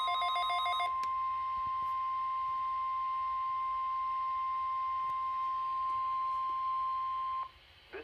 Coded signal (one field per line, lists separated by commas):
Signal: Emergency Alert System (SAME) tones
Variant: 1050 Hz attention tone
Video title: WE LIKE LATE TESTS! Usual weeklies as of 3/2/22 (EAS #61-62)